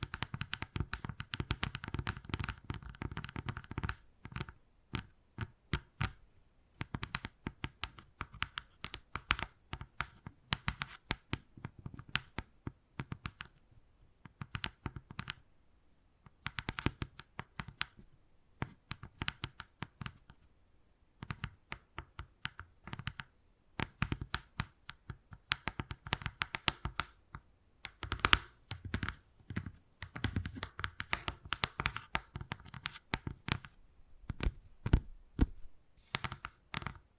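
Wood carving sounds: quick, dry taps and scraping strokes come in irregular bursts throughout, sharp and clicky like typing. Dense clusters alternate with brief pauses, notably around 4, 15 and 21 seconds, with scratchy passages between the sharper hits.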